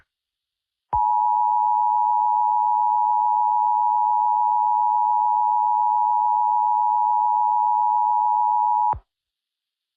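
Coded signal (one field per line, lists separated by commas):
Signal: Emergency Alert System (SAME) tones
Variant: 853 and 960 Hz attention tone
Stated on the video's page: Fictional EAS scenario.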